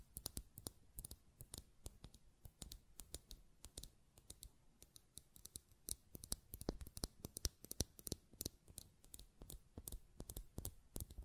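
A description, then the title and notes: Buttons are clicked and tapped in quick, uneven bursts, each click sharp and bright against a quiet background. The presses come several per second, sometimes clustering like typing, with a slight low thump under many of them. ASMR Button Clicking and Tapping Sounds (No Talking).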